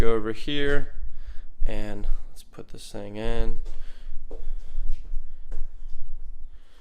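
Someone talks while handling the removable plastic water tank/mop module of a Honiture robot vacuum and mop combo, moving it into position to be pushed into the side of the robot vacuum body. Two short, sharp handling knocks are heard at 4.3 s and 5.5 s amid low background noise. The tank has not seated or snapped into place yet.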